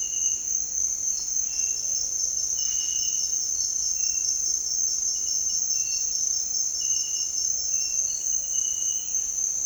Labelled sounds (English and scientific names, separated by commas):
none